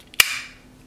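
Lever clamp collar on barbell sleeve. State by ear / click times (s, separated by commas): released / 0.2 s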